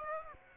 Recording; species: mosquito wingbeat signal from an infrared sensor; Aedes aegypti